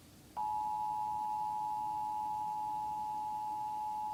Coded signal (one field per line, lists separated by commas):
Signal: Emergency Alert System (SAME) tones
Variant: 853 and 960 Hz attention tone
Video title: 2016 Test Tornado Watch on TV (EAS #233)